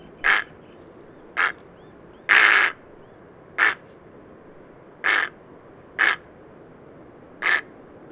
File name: Dimorphic egret